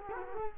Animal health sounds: mosquito wingbeat signal from an infrared sensor; Culex quinquefasciatus

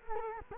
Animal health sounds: mosquito wingbeat signal from an infrared sensor; Culex quinquefasciatus

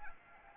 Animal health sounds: mosquito wingbeat signal from an infrared sensor; Anopheles arabiensis

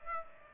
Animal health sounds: mosquito wingbeat signal from an infrared sensor; Aedes aegypti

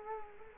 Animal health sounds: mosquito wingbeat signal from an infrared sensor; Culex quinquefasciatus

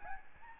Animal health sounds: mosquito wingbeat signal from an infrared sensor; Aedes albopictus

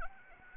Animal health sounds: mosquito wingbeat signal from an infrared sensor; Anopheles arabiensis

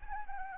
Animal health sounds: mosquito wingbeat signal from an infrared sensor; Anopheles arabiensis

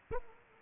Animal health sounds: mosquito wingbeat signal from an infrared sensor; Aedes aegypti

